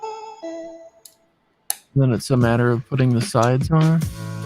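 A side assembly of plastic bricks is handled and readied for pressing onto a plastic brick console model, but nothing has seated or clicked yet. Music plays throughout with a couple of brief sharp sounds near 1.1 and 1.7 seconds, and then someone talks.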